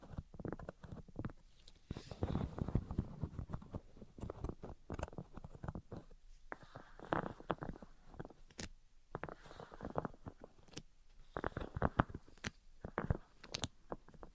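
Tapping, scratching and tracing sounds come in quick, irregular clusters of sharp taps mixed with rougher scraping strokes. Busy stretches around 2–4 seconds and 7–13 seconds alternate with brief quieter gaps, and the sounds stay mostly low to mid in pitch with occasional brighter scratches.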